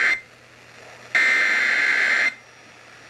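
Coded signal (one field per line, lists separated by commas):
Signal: Emergency Alert System (SAME) tones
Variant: header bursts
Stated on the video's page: EAS alerts.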